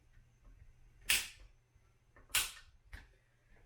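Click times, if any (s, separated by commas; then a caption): 1.1 s, 2.4 s. A Yakima Timberline roof rack tower adapter clamp knob is cranked down onto the HD crossbar of a 4Runner during a Skybox install, aiming for three of its built-in torque-limiting clicks. Sharp clicks sound at 1.1 s and 2.4 s, with a fainter tick near 2.9 s. The knob is confirmed tight at its torque setting.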